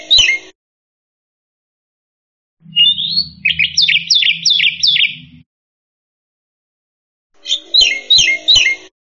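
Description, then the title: Black-winged myna: three short bursts of rapid chirping notes separated by silent gaps, with a low hum under the middle burst. "Jalak Putih"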